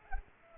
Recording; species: mosquito wingbeat signal from an infrared sensor; Culex pipiens